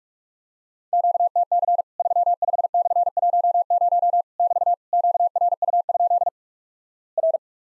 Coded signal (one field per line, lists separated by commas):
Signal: Morse code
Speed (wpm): 46 wpm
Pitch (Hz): 700 Hz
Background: none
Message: QTC 35/10 <BT> QRU? R